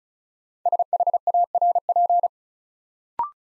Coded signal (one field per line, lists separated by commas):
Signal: Morse code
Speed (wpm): 36 wpm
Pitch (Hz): 700 Hz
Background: none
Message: SHARP